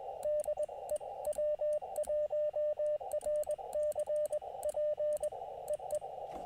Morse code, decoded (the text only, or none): DE W1RCP E E